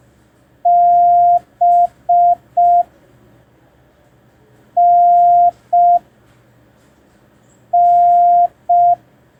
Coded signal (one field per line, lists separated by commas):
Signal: Morse code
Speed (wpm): 5 wpm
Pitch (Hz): 700 Hz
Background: none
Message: B N N